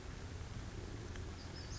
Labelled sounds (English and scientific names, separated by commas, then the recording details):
Western Flycatcher (Empidonax difficilis)
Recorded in Sonoma County, California